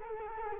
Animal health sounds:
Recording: mosquito wingbeat signal from an infrared sensor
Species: Culex quinquefasciatus

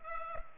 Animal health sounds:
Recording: mosquito wingbeat signal from an infrared sensor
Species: Culex pipiens

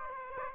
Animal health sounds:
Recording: mosquito wingbeat signal from an infrared sensor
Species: Aedes aegypti

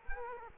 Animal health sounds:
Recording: mosquito wingbeat signal from an infrared sensor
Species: Culex quinquefasciatus

